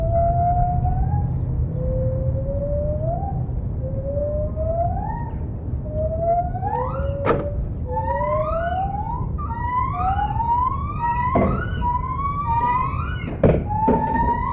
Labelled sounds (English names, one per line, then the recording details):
Lar Gibbon
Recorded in captivity
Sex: diverse
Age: adult
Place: Tierpark Berlin, Berlin, DE
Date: 1975-12-26
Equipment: Uher CR 210, Verstärker, Sennheiser MD 421 HL, Kopie Uher Variocord
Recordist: Tembrock, Günter